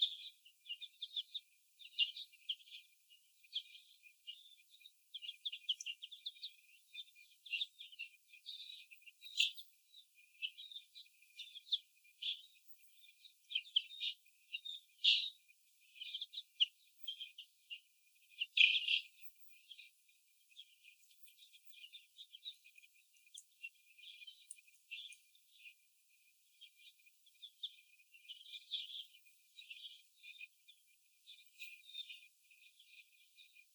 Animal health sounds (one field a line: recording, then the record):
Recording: young laying hens in a cage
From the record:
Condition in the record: before the stressor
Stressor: sudden umbrella opening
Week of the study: 2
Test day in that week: 1